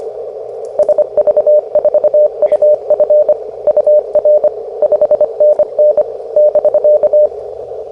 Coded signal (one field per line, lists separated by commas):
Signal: Morse code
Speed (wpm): 24 wpm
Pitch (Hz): 600 Hz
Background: radio noise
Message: SV4UF UR 5NN <BK>